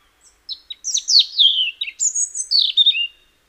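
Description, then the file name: European robin singing a wistful phrase: soft high notes, sweeping downward slurs, a sudden high whistled section, then a lower fading trill, with a clean quiet background. "Erithacus rubecula"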